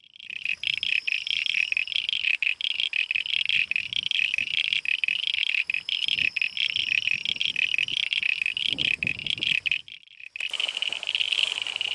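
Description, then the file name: Common eastern froglet giving rapid, repeated high chirps in a steady pulsing series, which breaks off briefly near the end before resuming. "crinia signifera"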